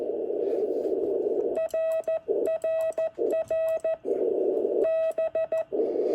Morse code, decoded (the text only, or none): RRR B